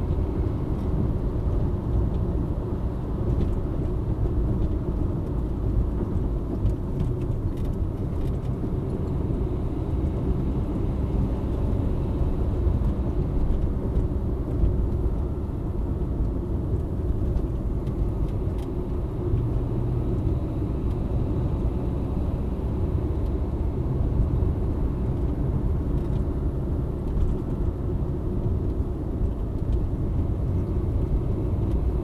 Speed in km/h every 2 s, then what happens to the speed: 80, 79, 74, 68, 67, 70, 74, 74, 65, 64, 69, 73, 73, 73, 66, 66.
0-7 slows to 67. 7-13 speeds up to 74. 13-16 slows to 65. 16-22 speeds up to 73. 22-32 slows to 66.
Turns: none.